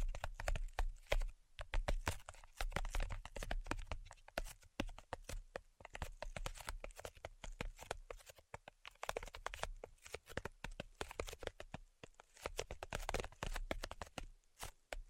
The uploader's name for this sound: ASMR 10 Levels of Tapping